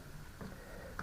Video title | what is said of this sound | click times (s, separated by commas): Ham Radio. DIY Magnetic Loop Aerial. Active Amplifier Kit Build Part 3. Enclosure. #ham radio. #diy | which goes on there snaps into place like that | 1.0 s